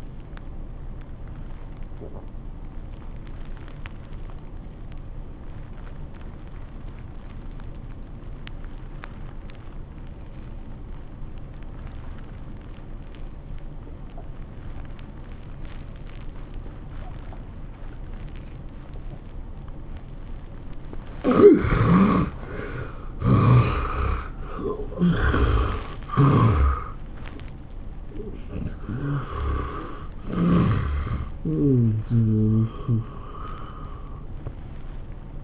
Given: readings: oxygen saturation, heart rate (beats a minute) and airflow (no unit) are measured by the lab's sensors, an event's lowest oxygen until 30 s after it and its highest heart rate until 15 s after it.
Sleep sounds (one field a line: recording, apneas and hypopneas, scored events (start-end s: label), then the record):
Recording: breathing in sleep by a smartphone at the bedside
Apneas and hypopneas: 1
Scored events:
4.00-22.30 s: obstructive apnea (N1, oxygen 96% highest, then 76% lowest, heart rate 86 at the start, 101 highest)
21.00-35.44 s: new sleep stage, N2 (light sleep)
From the record:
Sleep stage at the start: N1 (lightest sleep)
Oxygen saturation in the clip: 72 to 96%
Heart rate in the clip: 80 to 101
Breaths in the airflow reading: 4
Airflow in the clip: -21.9 to 11.8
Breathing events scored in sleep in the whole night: 403 in 5.5 hours asleep